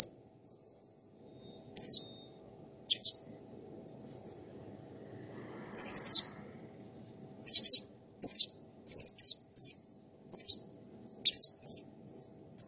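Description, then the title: Blue-crowned hanging parrot giving very high, thin, sharp chirps and short buzzy notes in irregular bursts, separated by faint drawn-out whistles and brief quiet gaps. Masteran tutor recording of a serindit in full, active song ('gacor'), described as clear. "Masteran Burung Serindit Ll Masteran Serindit Gacor Jernih"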